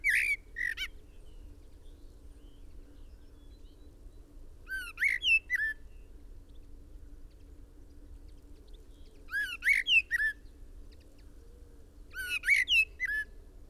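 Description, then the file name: Common blackbird with four short bursts of song, each a few fluty slurred notes mixed with high twittery squeaks, separated by long pauses over steady low hum. "Turdus merula"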